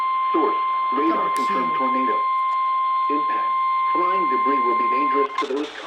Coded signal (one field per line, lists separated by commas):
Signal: Emergency Alert System (SAME) tones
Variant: 1050 Hz attention tone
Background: speech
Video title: A TORNADO IS ON THE GROUND. Tornado Warning on KHB31, and Multiple fm stations (EAS #69-#74)